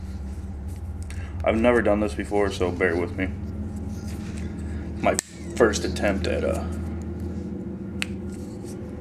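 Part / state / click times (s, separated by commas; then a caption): screw in a brushless RC motor end bell / stripped / 8.0 s. A ball-end allen key is used to loosen a small steel screw on the end bell of a brushless Traxxas Velineon RC motor. Someone talks over a low steady hum, and the key slips in the screw head with a sharp snap at 8.0 s. The screw head strips.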